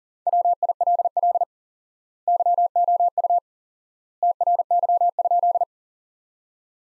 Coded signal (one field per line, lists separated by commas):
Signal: Morse code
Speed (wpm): 40 wpm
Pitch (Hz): 700 Hz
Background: none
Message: WILL YOU TRY?